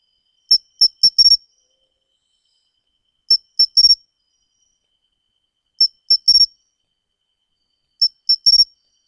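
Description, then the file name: Pine cricket song: short bright chirps in bursts of a few, each burst repeated about every two and a half seconds. "matsumushi"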